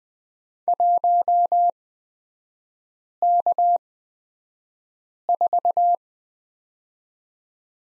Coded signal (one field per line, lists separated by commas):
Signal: Morse code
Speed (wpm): 20 wpm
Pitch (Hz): 700 Hz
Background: none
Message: 1K4